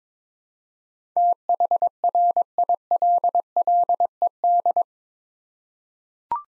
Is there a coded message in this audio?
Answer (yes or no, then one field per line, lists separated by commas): yes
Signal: Morse code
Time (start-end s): 1.2-4.8 s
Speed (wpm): 22 wpm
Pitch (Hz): 700 Hz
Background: none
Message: THRILLED